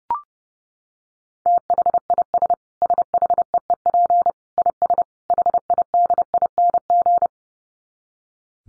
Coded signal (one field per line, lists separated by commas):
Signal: Morse code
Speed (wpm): 30 wpm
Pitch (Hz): 700 Hz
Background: none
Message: THIS SHEEP IS HIDING